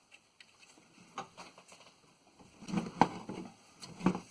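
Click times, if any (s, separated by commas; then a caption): none. A plastic wiring harness connector is handled against the alternator of a 2008 F-150 after WD-40 is applied to its seal, which seems to be sticking up. Soft scraping and tapping build over the clip, with sharper knocks near 1.2, 3.0 and 4.1 seconds. The connector has not clicked in yet; nothing has seated.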